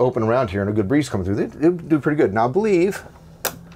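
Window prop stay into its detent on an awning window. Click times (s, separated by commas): 3.5 s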